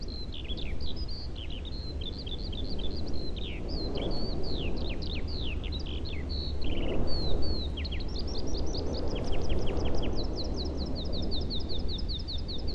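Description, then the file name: Eurasian skylark song pouring out nonstop: high chirps, slurred phrases and fast runs of repeated notes over steady low background noise. "skylark"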